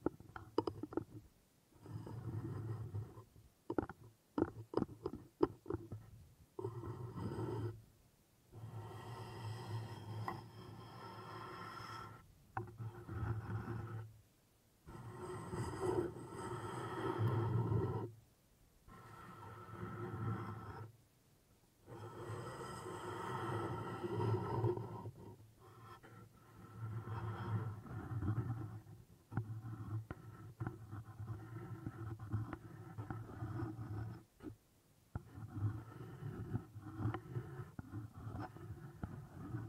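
Wood triggers come in dense, low, rumbling bursts of scraping and rubbing, broken by short silences and quick tapping near five seconds.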